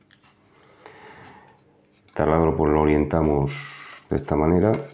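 A notched part of a cordless drill's gear reducer/torque limiter, with three notches, is handled and oriented over the drill's gearbox housing, lined up before fitting. Faint handling taps come at about 0.1 s and 0.9 s, then someone talks from about 2.2 s. Nothing has seated or clicked into place yet.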